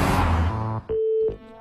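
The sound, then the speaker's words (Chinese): A burst of music cuts off, followed by one short, steady electronic telephone ring, a clear mid-pitched tone lasting under half a second, on Beijing Music Radio FM 97.4. “哎，电话响了。”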